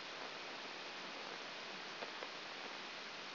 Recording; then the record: brain microelectrode recording played as sound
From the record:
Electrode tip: outside the subthalamic nucleus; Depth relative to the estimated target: -8 mm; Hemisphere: left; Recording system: AlphaMap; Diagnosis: Parkinson's disease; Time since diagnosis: 9 years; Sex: female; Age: 40 years